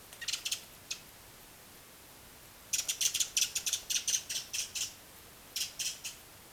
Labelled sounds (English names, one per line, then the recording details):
Redwing
unidentified sound
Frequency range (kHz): Redwing 0.8-13.6 kHz
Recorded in France